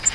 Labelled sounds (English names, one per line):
Grace's Warbler flight call